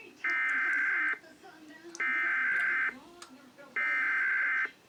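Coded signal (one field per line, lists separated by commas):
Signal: Emergency Alert System (SAME) tones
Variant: header bursts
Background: speech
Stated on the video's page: Pennsylvania statewide Required Monthly Test relayed by FM, AM and TV broadcast stations and EAS ENDEC units.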